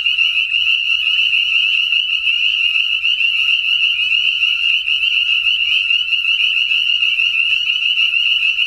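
Spring peepers calling together, rapid high whistled peeps overlapping so thickly they form an unbroken piercing drone from start to finish.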